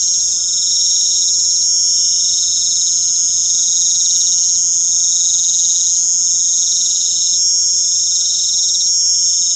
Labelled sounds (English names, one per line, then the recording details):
none
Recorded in pastures near Puerto Asís, Putumayo, Colombia, on 25 June 2025 at 19:00
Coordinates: 0.472, -76.331
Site G095